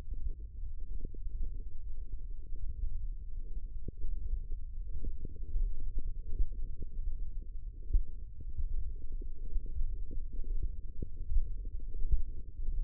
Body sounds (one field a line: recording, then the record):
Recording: forearm muscle sounds (acoustic myography)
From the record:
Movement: finger pinch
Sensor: system 1, eight BSWA MPA416 microphones around the upper forearm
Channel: 6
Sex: female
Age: 22 years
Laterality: right